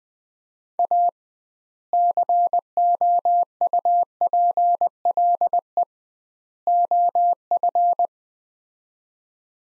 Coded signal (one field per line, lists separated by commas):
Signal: Morse code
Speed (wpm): 20 wpm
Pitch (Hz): 700 Hz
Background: none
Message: A COUPLE OF